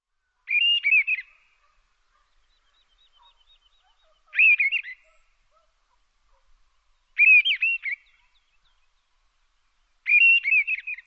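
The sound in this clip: Bird song: a short warbled phrase of rapid chirping notes, repeated about every three seconds with quiet gaps between, four phrases in all.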